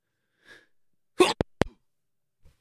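An adult gives a big sneeze.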